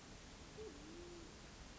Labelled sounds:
Band-tailed Pigeon (Patagioenas fasciata)

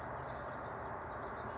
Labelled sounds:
California Towhee (Melozone crissalis)

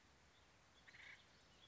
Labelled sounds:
Acorn Woodpecker (Melanerpes formicivorus)

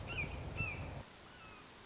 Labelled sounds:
Red-shouldered Hawk (Buteo lineatus)

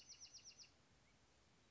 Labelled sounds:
Bewick's Wren (Thryomanes bewickii)

